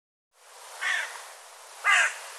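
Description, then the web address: Bird calling twice, each a short harsh rasping note about one second apart, over a soft background hiss. "cianscape birddata Deverinetal 2025"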